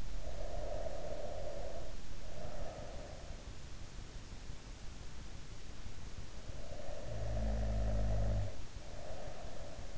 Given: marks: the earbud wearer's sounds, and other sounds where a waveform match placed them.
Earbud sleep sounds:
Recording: sounds in sleep by an in-ear microphone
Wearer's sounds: breath, snoring breath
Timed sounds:
0.00-3.32 s: breath
6.33-9.88 s: snoring breath

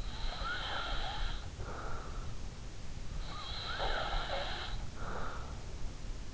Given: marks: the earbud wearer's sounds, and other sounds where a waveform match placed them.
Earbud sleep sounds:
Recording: sounds in sleep by an in-ear microphone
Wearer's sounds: breath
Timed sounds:
0.00-2.11 s: breath
3.48-6.00 s: breath

